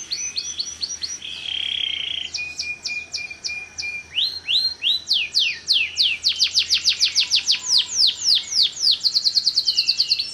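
Bird song, a fast mix of high whistled notes, buzzy trills and steep downward sweeps, speeding into rapid repeated strokes about three per second toward the end.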